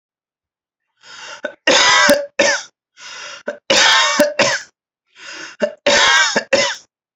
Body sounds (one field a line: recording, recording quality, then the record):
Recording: heavy voluntary cough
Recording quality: excellent, no background noise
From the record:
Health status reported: recovered from COVID-19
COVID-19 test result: negative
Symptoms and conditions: none ticked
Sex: male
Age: 23 years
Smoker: not ticked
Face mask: not worn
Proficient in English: yes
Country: India